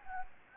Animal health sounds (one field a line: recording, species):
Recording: mosquito wingbeat signal from an infrared sensor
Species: Anopheles gambiae